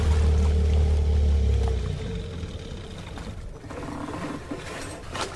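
A motorboat engine drones in a loud, steady low rumble, then winds down after about two seconds as the boat is stopped, leaving a softer wash of water and mechanical noise as it comes to a stop.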